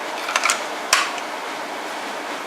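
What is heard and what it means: A handgun is pushed into a molded retention holster, with light scraping ticks around 0.4 and 0.5 s. It locks in with one sharp, loud click at 0.9 s over a steady background hiss. The gun is seated, and the clear audible click shows good retention.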